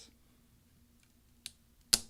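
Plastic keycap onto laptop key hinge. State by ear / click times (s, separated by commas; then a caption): seated / 1.5 s, 1.9 s. A new plastic F4 keycap is placed on its hinge on a 13" MacBook Pro Early 2009 Core 2 Duo 2.53 GHz laptop and pressed down until it clicks on. After a quiet stretch with a faint low hum, a sharp click comes at 1.5 s and a louder, brighter snap at 1.9 s. The keycap seats onto the hinge.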